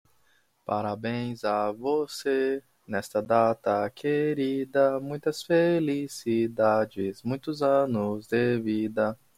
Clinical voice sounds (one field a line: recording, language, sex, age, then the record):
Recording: short text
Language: Brazilian Portuguese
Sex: male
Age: 20 to 29 years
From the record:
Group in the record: control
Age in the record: 29 years